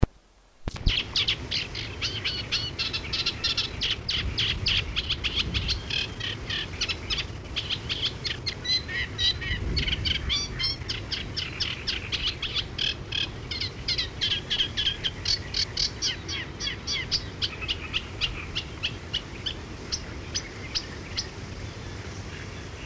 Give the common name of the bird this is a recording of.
Eurasian Reed Warbler